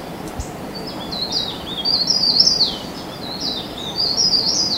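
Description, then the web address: Mountain leaf warbler singing high, twittering warbled phrases of quick up-and-down notes, coming in short bursts, with constant low ambient noise beneath. Recorded at Bukit Ular on Mount Kinabalu, 14 August 2009. "MTKINABALUBUKITULAR 20090814. mountain leaf warbler"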